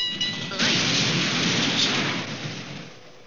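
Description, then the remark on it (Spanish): A short tonal ringing gives way to a sudden, loud roaring crash as a tram runs someone over, the dense rumbling noise holding steady for a couple of seconds before tapering off. “Bueno, supongo que tampoco has de creer que me arrolló un tranvía.”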